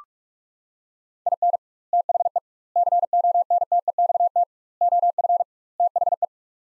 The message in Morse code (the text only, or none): IN THE CONTEXT OF THE